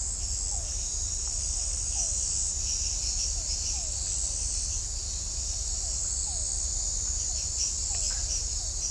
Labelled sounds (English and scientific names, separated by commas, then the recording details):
none
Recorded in shrubland near Pivijay, Magdalena, Colombia, on 2 June 2023 at 02:00
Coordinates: 10.453, -74.365
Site P5-G022